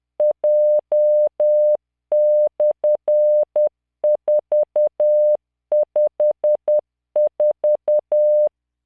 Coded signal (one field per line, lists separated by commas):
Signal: Morse code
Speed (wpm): 10 wpm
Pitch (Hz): 600 Hz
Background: none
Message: J/454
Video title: tamanのモールス練習動画85（モールス信号 速度10WPM morse code)